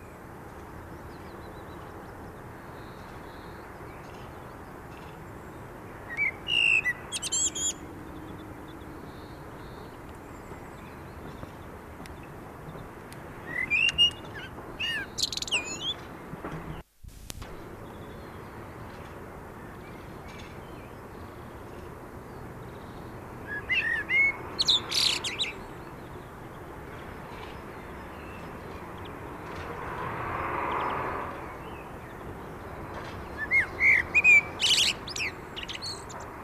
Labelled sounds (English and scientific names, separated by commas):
Common Blackbird (Turdus merula) song